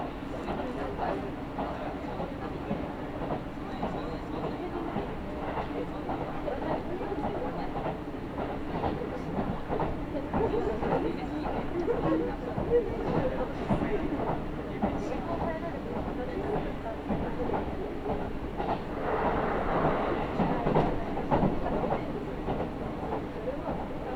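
A local train runs between stations, heard from inside the carriage as a steady low rumble with a constant hum. Dense clattering from the wheels comes through all along, with voices murmuring faintly underneath and a brighter swell of noise near the twenty-second mark.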